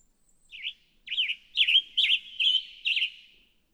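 Western Tanager song: a short string of six burry, robin-like phrases, each rising and falling, delivered about every half second against a quiet background.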